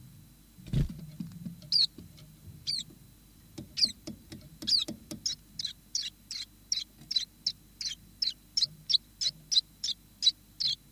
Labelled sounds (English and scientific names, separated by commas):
Common Chiffchaff (Phylloscopus collybita)